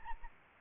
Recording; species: mosquito wingbeat signal from an infrared sensor; Aedes albopictus